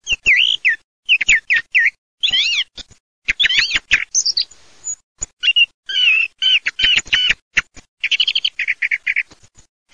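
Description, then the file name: Thrush song: bright, varied phrases of rising and falling whistled notes, delivered in bursts with short pauses throughout. "tordochioaba"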